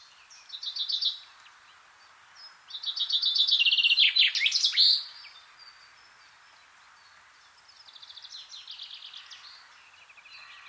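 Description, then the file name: Common chaffinch singing: a brief fragment, then a full descending trill with a flourish, and a fainter similar song later; other thin high notes appear near the end. "Fringilla coelebs"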